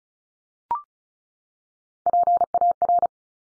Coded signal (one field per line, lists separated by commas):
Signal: Morse code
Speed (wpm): 36 wpm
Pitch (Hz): 700 Hz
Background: none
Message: PAR